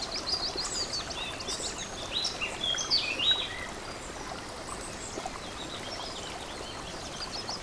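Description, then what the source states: Warbler giving fast, high, scratchy warbled phrases early on, then quieter, against continuous running water from a stream. Warbler beside a stream, recorded 24 04 15 on an MZ-N 710 recorder.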